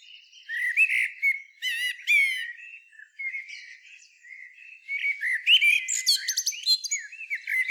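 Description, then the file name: Common blackbird, a busy stream of squeaky, chattering notes with bright harmonics, dense at first, quieter for a couple of seconds near the middle, then rapid and overlapping again. "Turdus merula"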